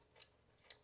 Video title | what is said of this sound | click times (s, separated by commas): The Ultimate Music Streamer!? | and it kind of Clicks in you can feel it click in normally you have to click it out but | 0.7 s